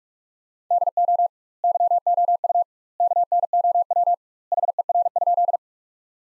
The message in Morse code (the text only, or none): DO YOU KNOW HER?